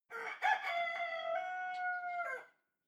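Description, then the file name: Chicken: rooster crowing, a single drawn-out harmonic crow of about two and a half seconds, opening with rough notes and holding a steady tone. Male (cock). "cock calling"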